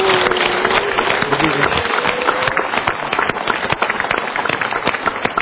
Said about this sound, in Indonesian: Super sekali. Kita berikan tepuk tangan sekali lagi. Terima kasih.